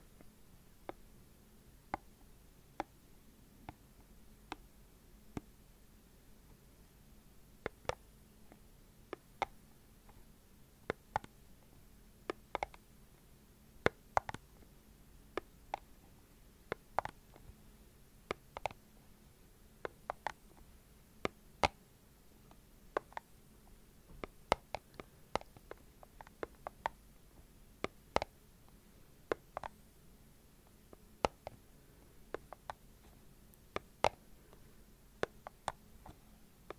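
Slow rhythmic tapping: sharp, bright clicks roughly every second, sometimes clustered, over a quiet, low background hum.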